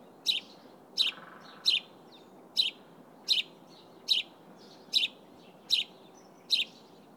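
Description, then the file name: House sparrow chirping: single high notes spaced under a second apart, with fainter chirps between and soft background noise. "Passer domesticus"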